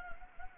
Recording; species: mosquito wingbeat signal from an infrared sensor; Anopheles gambiae